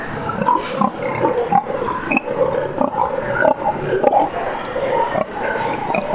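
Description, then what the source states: Pig grunting in a steady, unbroken stream of rough grunts throughout. Boar; recorded as a sample for animal welfare research on pheromones.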